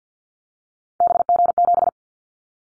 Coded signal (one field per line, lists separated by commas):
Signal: Morse code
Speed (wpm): 50 wpm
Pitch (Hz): 700 Hz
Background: none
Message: BG7